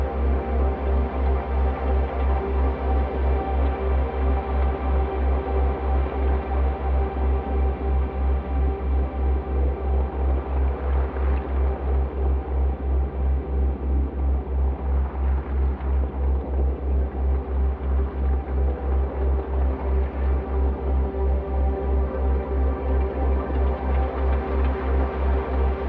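A slowed, resonated dishwasher recording forms a thick, swirling drone with a heavy low hum that pulses in a fast, even rhythm throughout. Sustained tones ring above it, and brighter washes swell up around eleven, fifteen and twenty seconds before settling back.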